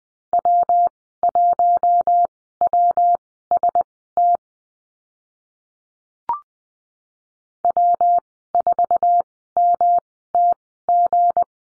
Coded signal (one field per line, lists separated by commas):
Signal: Morse code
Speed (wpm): 20 wpm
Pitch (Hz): 700 Hz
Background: none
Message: W1WST W4MTG